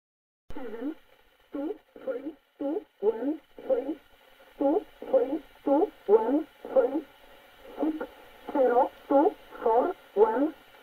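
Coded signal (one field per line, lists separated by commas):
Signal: numbers station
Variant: E11, English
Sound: about seventeen short, evenly spaced spoken words over a steady radio hum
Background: radio hum and static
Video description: 13375 kHz 1113 Number Station E11 English.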